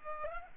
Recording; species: mosquito wingbeat signal from an infrared sensor; Culex pipiens